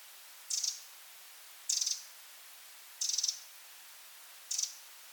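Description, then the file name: Eurasian wren producing four short, dry rattling bursts of high clicks, each about a quarter second long, spaced roughly every second and a quarter. "Troglodytes troglodytes"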